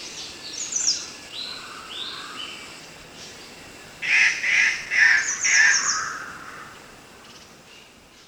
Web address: bornean treepie